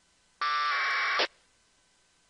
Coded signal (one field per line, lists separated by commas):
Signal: packet radio (AX.25, as in APRS)